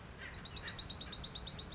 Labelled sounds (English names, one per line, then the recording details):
Bewick's Wren
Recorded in Sonoma County, California